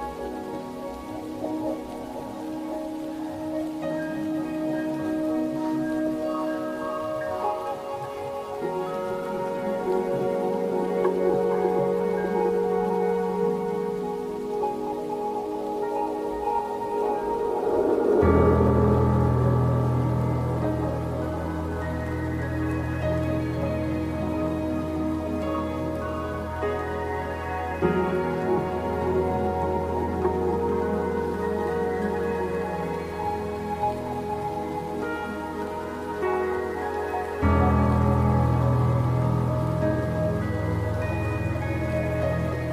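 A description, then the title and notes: Music with soft rain: sustained, layered tones hold steady chords that shift at a few points, with a deep low swell entering around 18 seconds and changing again near 28 and 37 seconds. A fine, even patter of rain runs underneath throughout. Relaxing minecraft music with soft rain.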